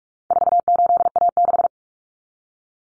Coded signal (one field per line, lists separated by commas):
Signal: Morse code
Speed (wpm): 44 wpm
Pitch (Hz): 700 Hz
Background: none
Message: 48A6